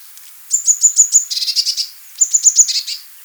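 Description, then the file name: Eurasian blue tit song: a few very high thin notes followed by a quick lower buzzy trill, the phrase given twice within about three seconds. "blaumeise"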